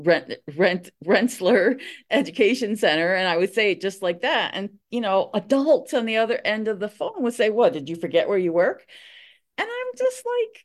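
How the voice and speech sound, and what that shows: Adult woman speaking with a stutter. She repeats and prolongs the start of a school name that begins with R, with pauses between the attempts, before getting the word out. Words beginning with R are hard for her to say.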